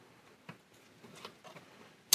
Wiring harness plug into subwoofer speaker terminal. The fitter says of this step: but just pops in there you'll hear it click